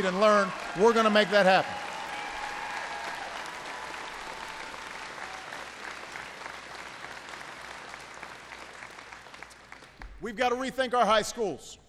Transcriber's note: applause